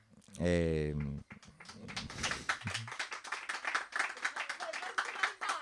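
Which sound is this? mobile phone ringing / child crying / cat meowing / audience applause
audience applause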